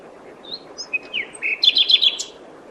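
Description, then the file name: Common nightingale song phrase: a few separate whistles, then a fast run of high, clipped repeated notes near the end. "Luscinia megarhynchos"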